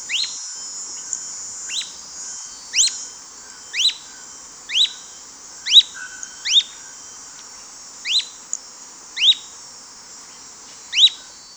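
Bird giving sharp, high upslurred call notes, repeated roughly once a second over a faint high hiss.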